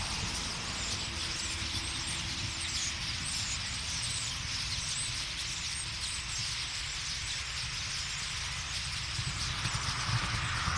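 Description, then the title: Common starling flock chattering continuously with dense squeaky twittering, a faint low drone and background vehicle rumble. Flock singing in a tree; cars in background; Boldixumstieg, Nieblum, Germany; Zoom H3-VR ambisonic recording rendered binaural. "Ein Vogelschwarm Stare. A flock of birds starlings. Boldixumstieg, 25938 Nieblum, Deutschland"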